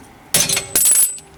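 A special puller tool tightened on a previously heated ball joint in the front suspension arm of a Trabant 601's front axle breaks the tapered joint free with a sharp bang at 0.4 s. A second bright, ringing metallic burst follows at 0.8 s before fading out. The ball joint pops loose from its taper and is released.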